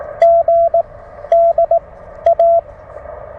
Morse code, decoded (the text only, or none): GD A